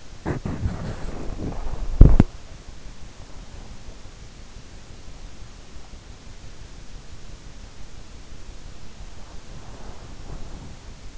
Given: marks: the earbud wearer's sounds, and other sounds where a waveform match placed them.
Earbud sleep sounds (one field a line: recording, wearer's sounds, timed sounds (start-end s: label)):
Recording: sounds in sleep by an in-ear microphone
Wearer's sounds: body movement, breath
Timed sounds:
0.00-2.87 s: body movement
9.03-11.18 s: breath